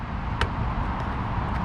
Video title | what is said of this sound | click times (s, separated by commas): New LED Amazon Plug n Play Side Markers Install - 10th Gen Civic Si | so just plug it in you'll hear a click this will click right in you'll hear that | 0.4 s